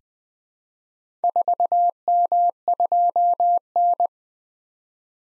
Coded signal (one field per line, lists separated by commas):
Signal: Morse code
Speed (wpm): 20 wpm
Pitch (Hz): 700 Hz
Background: none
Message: 4M2N